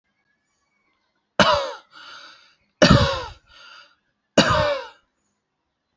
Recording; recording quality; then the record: shallow voluntary cough; excellent, no background noise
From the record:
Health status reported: healthy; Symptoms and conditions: diabetes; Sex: male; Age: 40 years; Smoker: not ticked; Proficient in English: yes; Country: India